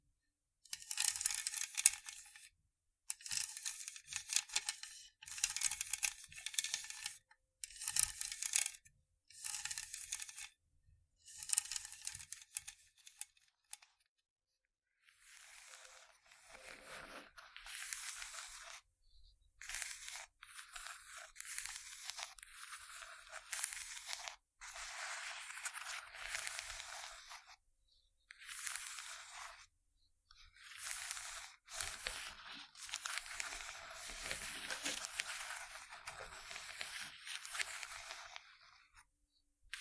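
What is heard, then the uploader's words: Scratching comes in bursts of a second or two, separated by brief silences, with a crisp, bright, papery texture and almost nothing in the low end. After about fifteen seconds the strokes run longer and denser, sounding rougher, like tearing or crinkling. ASMR Scratching Only（No Talking）.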